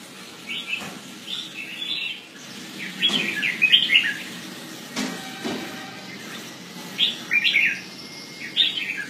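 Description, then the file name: Red-whiskered bulbul giving repeated short, bubbly chirp phrases at irregular intervals, with some soft knocks. "Pycnonotus jocosus"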